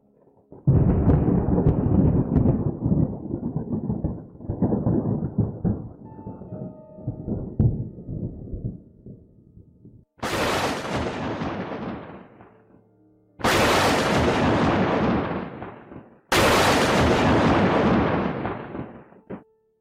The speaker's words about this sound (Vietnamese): Lời còn chưa dứt, trên không trung lập tức quang mang lập lòe, vô số đạo kinh lôi đang bổ xuống.